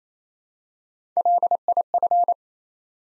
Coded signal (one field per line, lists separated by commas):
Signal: Morse code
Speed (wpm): 27 wpm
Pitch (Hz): 700 Hz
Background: none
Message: LIF